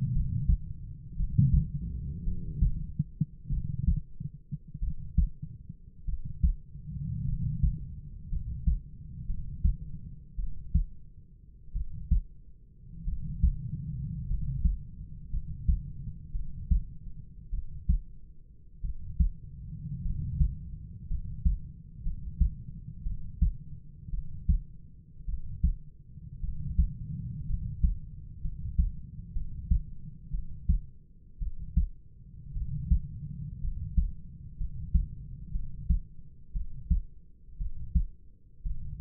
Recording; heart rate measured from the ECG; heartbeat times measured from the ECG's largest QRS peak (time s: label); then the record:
heart sounds by stethoscope; 55 bpm
0.13 s: heartbeat
1.17 s: heartbeat
2.24 s: heartbeat
3.50 s: heartbeat
4.80 s: heartbeat
6.05 s: heartbeat
7.25 s: heartbeat
8.29 s: heartbeat
9.26 s: heartbeat
10.36 s: heartbeat
11.73 s: heartbeat
13.05 s: heartbeat
14.27 s: heartbeat
15.30 s: heartbeat
16.32 s: heartbeat
17.50 s: heartbeat
18.81 s: heartbeat
20.02 s: heartbeat
21.08 s: heartbeat
22.03 s: heartbeat
23.03 s: heartbeat
24.11 s: heartbeat
25.26 s: heartbeat
26.41 s: heartbeat
27.46 s: heartbeat
28.41 s: heartbeat
29.33 s: heartbeat
30.31 s: heartbeat
31.39 s: heartbeat
32.54 s: heartbeat
33.61 s: heartbeat
34.58 s: heartbeat
35.52 s: heartbeat
36.53 s: heartbeat
37.58 s: heartbeat
38.63 s: heartbeat
From the record:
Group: healthy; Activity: rest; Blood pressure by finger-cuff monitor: 102/55 mmHg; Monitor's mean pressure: 67 mmHg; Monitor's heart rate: 56 bpm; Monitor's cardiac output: 4.7 L/min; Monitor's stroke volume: 86 mL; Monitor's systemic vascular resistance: 1030 dyn s/cm5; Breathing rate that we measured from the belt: 9 breaths a minute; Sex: male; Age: 25 years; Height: 170 cm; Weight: 70.4 kg